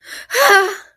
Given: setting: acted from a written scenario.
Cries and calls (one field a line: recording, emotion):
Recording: vocal sound without words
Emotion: elation